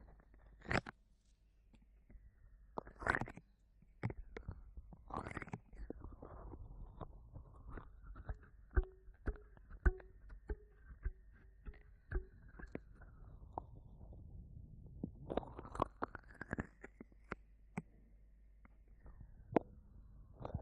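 An ear massage: irregular crackling taps and rubbing clicks run throughout, with the loudest snaps in the first five seconds. From about 7 to 13 seconds a steady whining tone sits under the scratching, and it returns, rising, around 15 seconds, over a soft low rumble.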